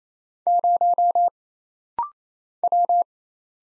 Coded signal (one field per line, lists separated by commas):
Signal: Morse code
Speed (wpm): 27 wpm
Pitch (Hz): 700 Hz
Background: none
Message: 0 W